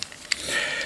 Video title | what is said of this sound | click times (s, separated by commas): Transformers Legacy Evolution Trashmaster | push it down and it locks into place | 0.3 s